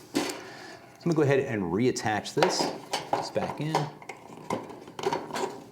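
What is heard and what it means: A removed vend motor is handled as it is being pushed back into its plastic mount on a snack vending machine tray, with a few short knocks and taps near the end while someone talks. Nothing has seated or clicked yet.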